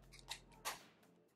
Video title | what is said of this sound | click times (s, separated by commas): NEW FENTY BEAUTY ICON LIPSTICK SWATCHES - HOW TO ASSEMBLE - Le Beat | click it in so that's how it works okay i feel like it will take some practice | 0.3 s